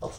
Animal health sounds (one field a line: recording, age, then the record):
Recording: pig call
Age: piglet (1 to 25 days)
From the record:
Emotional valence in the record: negative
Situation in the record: restrain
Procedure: in the arms of a person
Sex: male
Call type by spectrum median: low-frequency call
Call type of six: low-frequency stable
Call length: 0.18 s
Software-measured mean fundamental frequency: 56 Hz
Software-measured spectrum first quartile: 392 Hz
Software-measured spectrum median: 647 Hz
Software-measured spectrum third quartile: 1581 Hz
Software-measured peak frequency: 486 Hz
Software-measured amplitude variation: 98 dB a second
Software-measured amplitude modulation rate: 13.7 a second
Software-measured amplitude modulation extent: 7.2 dB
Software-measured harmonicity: 1.1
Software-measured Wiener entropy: -1.34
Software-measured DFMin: 761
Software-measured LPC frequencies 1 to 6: 554, 996, 2073, 3517, 5842, 6688 Hz